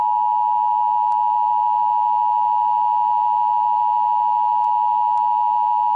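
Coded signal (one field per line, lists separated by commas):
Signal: Emergency Alert System (SAME) tones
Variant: 853 and 960 Hz attention tone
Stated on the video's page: A timeline of alerts during a real tornado event.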